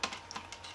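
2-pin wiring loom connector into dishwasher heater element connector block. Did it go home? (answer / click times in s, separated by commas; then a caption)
yes / 0.0 s. A 2-pin plastic connector on the wiring loom of a Siemens dishwasher, rewired to use an original Bosch water heater element 00654575, is pushed onto the end of the heater element's connector block and locked in position. It seats with a sharp click at 0.0 s, followed by softer ticks around 0.3 s and 0.5 s.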